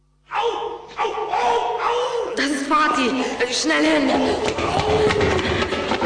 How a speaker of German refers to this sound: Während er noch zögerte, brach unvermittelt die Orgelmusik ab. In der Stille, die eintrat, hörte Anton einen Schrei.